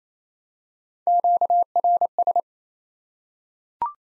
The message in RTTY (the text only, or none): none